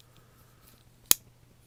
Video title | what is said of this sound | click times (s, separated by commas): SOG Multi Tool Review | and it locks into place just that now you can choose which one you're going to | 1.1 s